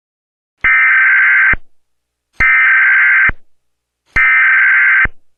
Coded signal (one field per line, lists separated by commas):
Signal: Emergency Alert System (SAME) tones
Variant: header bursts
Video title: National 2011 EAS Test (RECREATION)